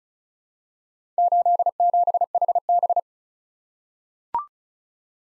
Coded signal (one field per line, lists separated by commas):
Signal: Morse code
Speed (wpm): 36 wpm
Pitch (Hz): 700 Hz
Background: none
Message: 87HB